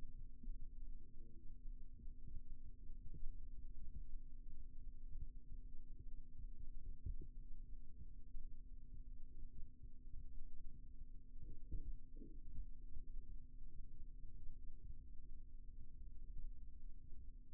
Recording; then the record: forearm muscle sounds (acoustic myography)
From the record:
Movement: rest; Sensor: system 2, bracelet of six BSWA MPA416 microphones around the upper forearm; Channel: 2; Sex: male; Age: 22 years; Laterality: right